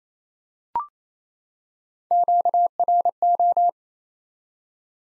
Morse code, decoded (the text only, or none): QRO